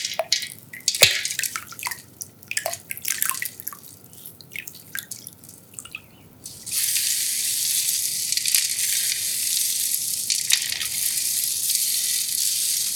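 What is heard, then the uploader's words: Crisp crackling and squishing sounds of soap being worked by hand, coming in quick irregular bursts for the first six seconds. After that a steady bright hiss takes over, like running water or foam, with a few soft clicks on top. ASMR Soap Massage.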